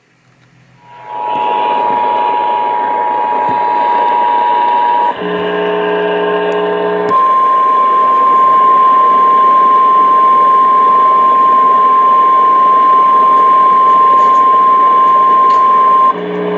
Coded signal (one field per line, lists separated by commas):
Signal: Emergency Alert System (SAME) tones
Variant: 853 and 960 Hz attention tone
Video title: MARINGAL RISK... EAS Alerts from 11/14/22 (EAS #45 & #46)